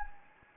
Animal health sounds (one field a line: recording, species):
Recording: mosquito wingbeat signal from an infrared sensor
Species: Anopheles gambiae